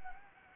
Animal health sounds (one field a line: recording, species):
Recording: mosquito wingbeat signal from an infrared sensor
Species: Anopheles gambiae